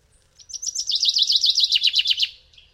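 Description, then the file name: Common chaffinch song: a brisk cascade of sharp notes dropping in pitch over about two seconds, ending in a short flourish, then a soft trailing note. "Fringilla coelebs"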